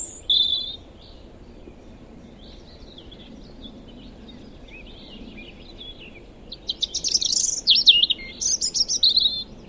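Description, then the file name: European robin song: a short high warbled phrase at the start, then a long pause with faint thin notes, followed by a bright, fast, tumbling phrase of trills and sweeps near the end. "Erithacus rubecula"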